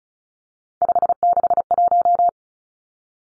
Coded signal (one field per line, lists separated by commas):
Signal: Morse code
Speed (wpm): 34 wpm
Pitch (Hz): 700 Hz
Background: none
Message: 561